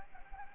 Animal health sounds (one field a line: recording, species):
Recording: mosquito wingbeat signal from an infrared sensor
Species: Anopheles gambiae